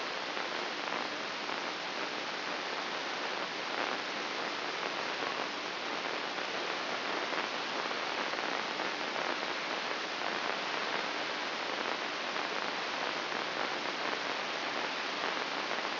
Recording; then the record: brain microelectrode recording played as sound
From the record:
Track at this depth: inside the subthalamic nucleus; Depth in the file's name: 5.861 mm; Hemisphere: left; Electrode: 3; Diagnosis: Parkinson's disease